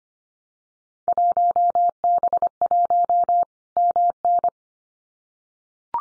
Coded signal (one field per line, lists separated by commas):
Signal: Morse code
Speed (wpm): 25 wpm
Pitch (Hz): 700 Hz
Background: none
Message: 1B1 MN